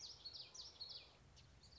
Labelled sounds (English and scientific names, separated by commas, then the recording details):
Common Yellowthroat (Geothlypis trichas)
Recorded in Sonoma County, California